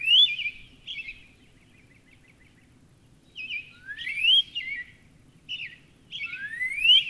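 Northern cardinal song: rising slurred whistles mixed with short notes, with a pause in the middle.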